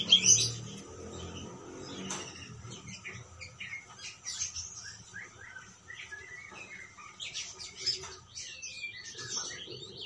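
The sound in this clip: Parakeet chatter, soft high chirps and squeaky twitters, with a louder burst at the start and another near eight seconds.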